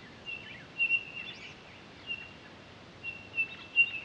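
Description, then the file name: Townsend's solitaire, steady high whistled tones in short bursts, with scattered chirps around them. Recorded 23 October 2011. "20111023 townsends-solitaire"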